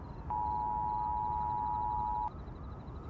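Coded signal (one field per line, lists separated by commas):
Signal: Emergency Alert System (SAME) tones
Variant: 853 and 960 Hz attention tone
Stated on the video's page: Fictional apocalyptic EAS radio ambience about a spreading fog, with background music; simulated, not a real broadcast.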